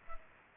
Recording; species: mosquito wingbeat signal from an infrared sensor; Culex pipiens